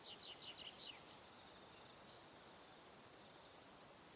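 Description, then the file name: Cricket song, a constant high rapid pulsing, joined at the start by a quick run of falling chirps, then steady trilling continues. Evening. "Calm - Evening Crickets"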